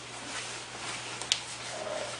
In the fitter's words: And you'll hear a little click.